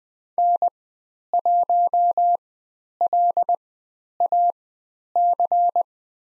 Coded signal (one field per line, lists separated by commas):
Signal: Morse code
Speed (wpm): 20 wpm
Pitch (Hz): 700 Hz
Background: none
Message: N1LAC